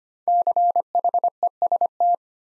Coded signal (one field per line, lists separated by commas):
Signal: Morse code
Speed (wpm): 25 wpm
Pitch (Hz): 700 Hz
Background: none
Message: CHEST